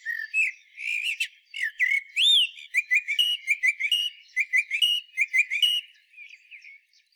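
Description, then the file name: Common blackbird song: a run of fluty whistled notes and slurred phrases, with a high arched whistle in the middle and brief squeaky twitters throughout. "Turdus merula"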